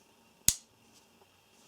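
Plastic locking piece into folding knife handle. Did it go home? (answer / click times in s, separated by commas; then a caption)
yes / 0.5 s. A plastic locking piece on an out-the-front folding knife with an aluminum and zytel handle is snapped into place to lock the knife closed. A single sharp, bright snap is heard at 0.5 s against a quiet background, followed by faint small ticks. The piece seats and the knife is locked shut.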